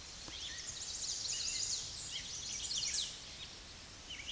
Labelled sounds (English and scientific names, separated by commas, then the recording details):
Chestnut-sided Warbler (Setophaga pensylvanica) song
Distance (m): 30 m
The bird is about level with the microphone
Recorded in a Pennsylvania forest on 16 May 2024 at 09:39
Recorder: AudioMoth, point MSD-2074
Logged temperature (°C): 16.3 °C
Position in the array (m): 171 m, 175 m